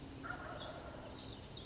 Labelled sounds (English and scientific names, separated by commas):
Wild Turkey (Meleagris gallopavo)